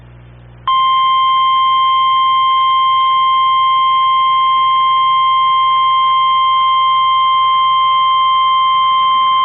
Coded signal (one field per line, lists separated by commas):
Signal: Emergency Alert System (SAME) tones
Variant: 1050 Hz attention tone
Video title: (EAS #127) KEC95 Tornado Warning